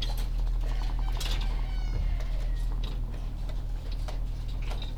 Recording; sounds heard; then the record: poultry house recording; sick chickens (respiratory disease)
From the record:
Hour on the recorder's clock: 17